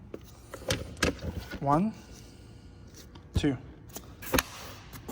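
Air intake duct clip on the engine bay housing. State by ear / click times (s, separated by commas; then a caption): released / 4.4 s. A plastic clip on the air intake duct of a 2016 BMW X1 engine bay housing is pressed while the duct is slid down and removed for battery access. Someone talks and counts over several sharp clicks and knocks. The clip clicks open and releases at 4.4 s.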